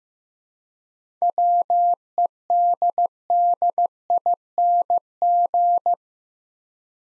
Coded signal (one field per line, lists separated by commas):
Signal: Morse code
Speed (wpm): 15 wpm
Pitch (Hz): 700 Hz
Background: none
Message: WEDDING